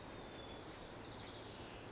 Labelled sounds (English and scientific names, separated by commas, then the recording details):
White-crowned Sparrow (Zonotrichia leucophrys)
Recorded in Sonoma County, California